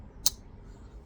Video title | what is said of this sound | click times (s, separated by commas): Case canoe John Deere pocket knife | Lovely snap on that close. | 0.3 s